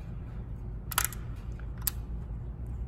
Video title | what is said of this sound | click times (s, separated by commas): Magnetic Isolator Installation for evo+ Rail Extension | they're mirror image so they just snap together and press them together until they are snapped into place | 1.0 s, 1.9 s